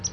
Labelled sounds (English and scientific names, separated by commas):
Palm Warbler (Setophaga palmarum) flight call